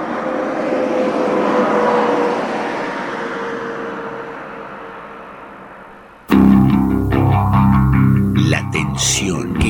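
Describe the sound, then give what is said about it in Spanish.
A car drives along with a steady, broad road rumble and a faint engine hum, swelling and then slowly fading for about six seconds before an abrupt cut to louder, busier music. “Un hombre que no sabe dónde frenar y sigue viajando en el auto desde que salió hoy temprano, hace mucho, acostado en la luneta de atrás.”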